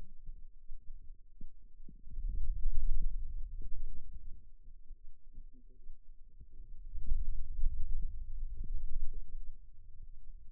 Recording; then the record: forearm muscle sounds (acoustic myography)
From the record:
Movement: pen grasping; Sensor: system 2, bracelet of six BSWA MPA416 microphones around the upper forearm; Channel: 1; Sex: male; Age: 22 years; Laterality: right